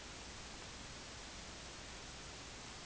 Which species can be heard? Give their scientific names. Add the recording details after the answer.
none. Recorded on Arctic tundra, site IGLO-D, on 16 June 2018. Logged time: 12:00